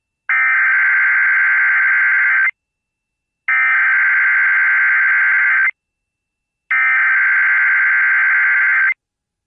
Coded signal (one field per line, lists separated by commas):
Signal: Emergency Alert System (SAME) tones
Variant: header bursts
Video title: Kentucky EAS Alert: Child Abduction Emergency (Amber Alert) 08/24/2023